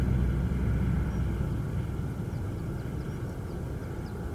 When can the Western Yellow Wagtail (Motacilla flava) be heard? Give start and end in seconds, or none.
2.29-2.39, 2.77-3.03, 4.02-4.11